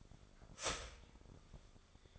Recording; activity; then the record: daily activity, microphone in the room; start toaster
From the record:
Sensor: 5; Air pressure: 1004.3 hPa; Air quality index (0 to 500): 169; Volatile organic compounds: 4 ppm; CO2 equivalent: 1586 ppm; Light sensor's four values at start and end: 33/107/40/41 and 33/107/40/41